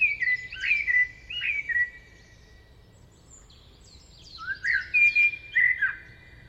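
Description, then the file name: Eurasian blackbird with two leisurely fluting phrases, each slurred and warbling, trailing into faint high squeaks, a pause in between. "Turdus merula"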